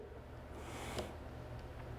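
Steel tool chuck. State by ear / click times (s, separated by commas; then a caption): not seated / none. A driver bit is being handled at the quick-release chuck of an impact driver. A low steady hum runs throughout, and there is a brief faint tick near 1.0 s. Nothing has seated or clicked yet.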